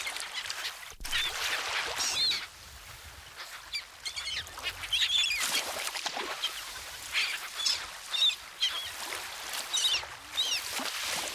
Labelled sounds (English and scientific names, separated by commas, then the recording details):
Black-headed Gull (Chroicocephalus ridibundus) call
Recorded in the wild
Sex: group
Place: Heringsdorf, Insel Usedom, Mecklenburg-Vorpommern, DE
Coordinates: 53.9569, 14.1542
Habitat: Baltic Sea, beach
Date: 1983-09-18 17:37
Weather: sunny, 17°C
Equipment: Nagra SN, Sennheiser MKH 416 T, Kopie Uher 4000 Report Monitor
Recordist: Tembrock, Günter